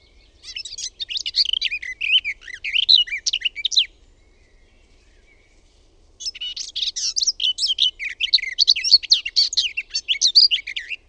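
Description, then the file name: Garden warbler song: a long, rapid, warbling stream of mellow chattering notes, about three and a half seconds, then a pause and a second lengthy warbled phrase. "LEHTOKERTTU"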